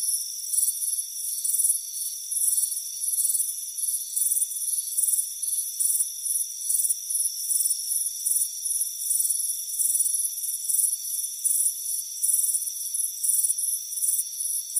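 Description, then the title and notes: Crickets keep up quick, shrill chirping in repeated bursts over continuous ringing insect tones. Crickets chirping on a warm afternoon on a front porch. "Soothing Crickets Chirping Sound. It's a warm afternoon as you relax in a hammock on the front porch. Deep Sleep Sounds"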